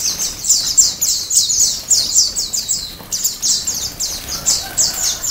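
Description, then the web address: White-eyes singing: fast, bright, high-pitched twittering phrases run together, with a short break near the middle. Ombyokan-style chorus of many white-eyes singing together, from a masteran (training) recording for cage birds. "pleci-ombyokan masteran pleci"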